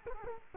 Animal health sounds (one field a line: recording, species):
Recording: mosquito wingbeat signal from an infrared sensor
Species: Culex quinquefasciatus